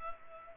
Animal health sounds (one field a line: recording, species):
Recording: mosquito wingbeat signal from an infrared sensor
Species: Culex pipiens